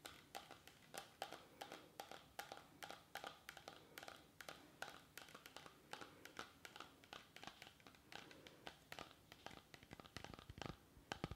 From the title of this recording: Tapping